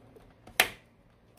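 A DDR3 RAM stick is pushed down into a motherboard DIMM slot one side at a time. A faint click comes at 0.5 s, then the plastic retention tab latches with a sharp, loud snap at 0.6 s. The module is seated.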